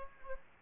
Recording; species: mosquito wingbeat signal from an infrared sensor; Aedes aegypti